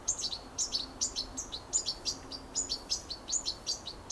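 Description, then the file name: European goldfinch repeating sharp, tinkling high calls in quick succession. "Carduelis carduelis"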